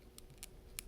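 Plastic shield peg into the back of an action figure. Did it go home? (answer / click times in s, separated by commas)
no / none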